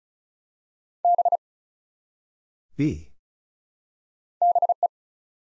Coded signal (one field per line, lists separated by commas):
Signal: Morse code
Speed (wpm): 36 wpm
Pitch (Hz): 700 Hz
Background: none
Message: B BE